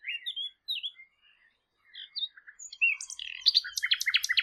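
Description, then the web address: Bird song of varied high chirps and short whistled slurs, with a pause midway, then a dense burst of rapid, buzzy chirping notes toward the end. "Bird Only"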